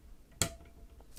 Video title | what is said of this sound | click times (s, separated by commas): How To Install APNX AP1-V ARGB CPU Cooler AMD & Intel Installation Guide | so there's the click so then you can do one two 3 4 | 0.4 s